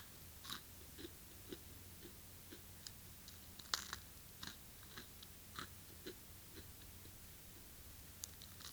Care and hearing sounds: daily activity, guitar pickup as the sensor; eat

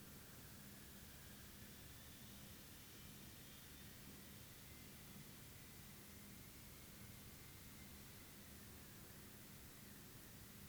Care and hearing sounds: daily activity, guitar pickup as the sensor; stand

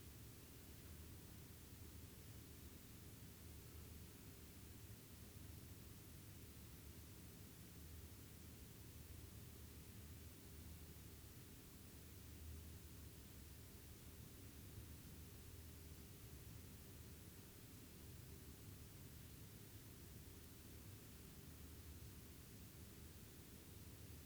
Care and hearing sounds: daily activity, guitar pickup as the sensor; sit

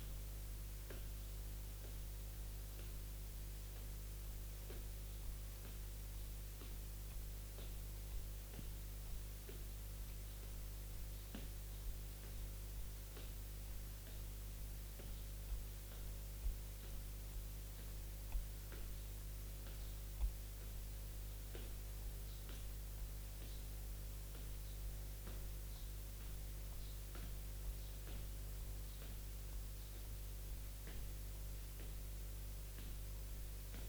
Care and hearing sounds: daily activity, guitar pickup as the sensor; jump

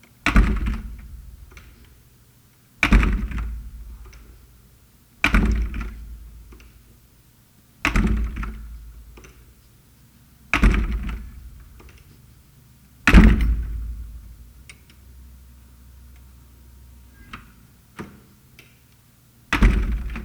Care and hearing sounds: daily activity, guitar pickup as the sensor; manipulate door

